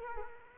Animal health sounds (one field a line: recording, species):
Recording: mosquito wingbeat signal from an infrared sensor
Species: Culex quinquefasciatus